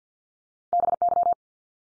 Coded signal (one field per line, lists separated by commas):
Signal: Morse code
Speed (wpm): 48 wpm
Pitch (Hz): 700 Hz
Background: none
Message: BY